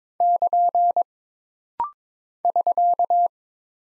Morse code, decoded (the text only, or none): <KN> <SK>